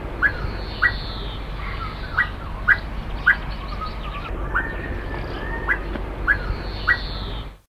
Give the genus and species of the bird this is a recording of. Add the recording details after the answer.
Lophophorus impejanus. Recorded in captivity. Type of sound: call. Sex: male. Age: adult. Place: Vogelpark Walsrode, Niedersachsen, DE. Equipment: Halbspur, 9,5 cm/s. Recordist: Lütgens, Hans. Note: Rufe